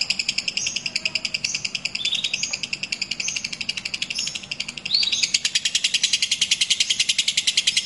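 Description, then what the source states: Lovebird trill, a fast steady rattle of rapid pulses throughout, with thin rising whistled notes laid over it and the trill growing louder after five seconds. Kept lovebird used as a master singer for other birds; long ngekek-style trill used as a lure call (kicau pancingan).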